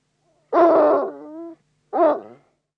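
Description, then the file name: Bloodhound barking: one deep, drawn-out baying bark trailing into a long tonal tail, then a shorter second bark after a pause. "Digiffects Sound Effects Library - Bloodhound Dog Barks"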